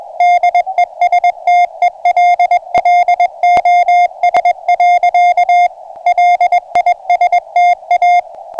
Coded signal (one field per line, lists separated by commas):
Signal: Morse code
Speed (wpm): 22 wpm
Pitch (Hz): 710 Hz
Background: music, radio noise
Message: DESTELLOS. LISTA